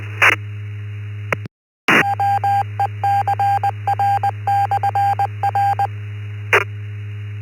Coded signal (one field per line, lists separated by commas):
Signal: Morse code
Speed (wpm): 20 wpm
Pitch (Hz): 800 Hz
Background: none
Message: WECR/R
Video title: East Coast Reflector Morning Brew Net 1064 Plus 2nd Cup 2025 10 03 07 00 15